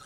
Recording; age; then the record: pig call; piglet (1 to 25 days)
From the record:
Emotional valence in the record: negative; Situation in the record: long isolation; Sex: male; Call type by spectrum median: low-frequency call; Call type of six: low-frequency tonal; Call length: 0.06 s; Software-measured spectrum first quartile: 1144 Hz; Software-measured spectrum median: 2400 Hz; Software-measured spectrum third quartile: 5866 Hz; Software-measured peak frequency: 1286 Hz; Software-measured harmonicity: 3.4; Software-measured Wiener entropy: -1.69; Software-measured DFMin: 1013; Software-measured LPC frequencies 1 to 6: 1322, 3102, 3705, 4191, 5941, 6897 Hz